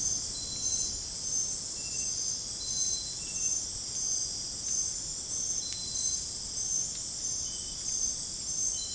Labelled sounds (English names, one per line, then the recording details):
none
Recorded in dense forest near Puerto Asís, Putumayo, Colombia, on 29 June 2025 at 22:00
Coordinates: 0.503, -76.323
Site G059